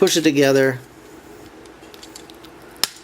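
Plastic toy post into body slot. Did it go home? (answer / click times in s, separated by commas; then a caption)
yes / 2.8 s. Someone talks briefly, then a post on a plastic transforming robot toy is lined up with a slot in the body and pushed together, with faint handling ticks. A sharp plastic snap at 2.8 s marks the post seating into the slot.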